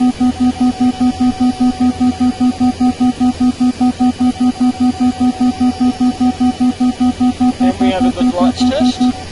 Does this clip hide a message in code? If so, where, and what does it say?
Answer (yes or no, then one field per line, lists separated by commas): no